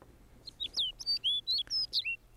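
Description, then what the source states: Snow Bunting song: a short ringing phrase of clear whistled notes alternating between higher and lower pitches. Male repeating a two-second melancholy ringing phrase at a calm pace on its territory, such as boulder fields at the edge of fell tops; resembles Lapland Longspur song.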